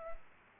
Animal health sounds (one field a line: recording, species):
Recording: mosquito wingbeat signal from an infrared sensor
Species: Culex quinquefasciatus